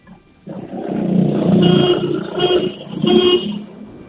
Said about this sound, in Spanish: Vamos a darle tres toques muy cortitos al claxon, ¿vale? Así no llamas la atención y a ver si me ayudas a mí.